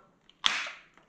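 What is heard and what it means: The side lever on an Optrel e3000X PAPR (powered air-purifying respirator) blower unit is lifted and the plastic filter cover is popped off to reach the filters. A faint tick at 0.3 s comes before a sharp, bright pop at 0.5 s that rings out and fades over about half a second, followed by a small tick near 1.0 s. The cover is released from the unit.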